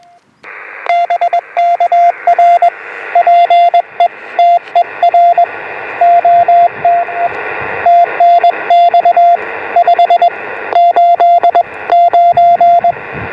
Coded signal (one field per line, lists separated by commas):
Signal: Morse code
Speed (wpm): 21 wpm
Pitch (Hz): 690 Hz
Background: radio noise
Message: BK R PETER OTE TNX 589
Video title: Gain with an End Fed Zig Zag on 28 MHz (and some 50 MHz magic)